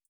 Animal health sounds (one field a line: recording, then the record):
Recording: hydrophone in a shrimp aquaculture tank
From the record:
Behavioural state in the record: feeding